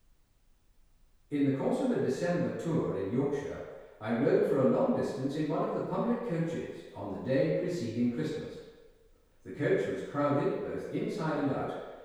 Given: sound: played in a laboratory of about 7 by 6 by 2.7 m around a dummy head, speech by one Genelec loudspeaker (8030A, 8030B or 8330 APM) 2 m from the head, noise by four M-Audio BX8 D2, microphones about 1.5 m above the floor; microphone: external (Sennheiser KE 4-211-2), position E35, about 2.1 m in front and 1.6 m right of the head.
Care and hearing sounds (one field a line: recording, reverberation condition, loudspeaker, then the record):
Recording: male speech in English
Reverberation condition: high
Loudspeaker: 60 degrees to the left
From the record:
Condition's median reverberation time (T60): about 1300 ms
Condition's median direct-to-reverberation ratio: about -4.0 dB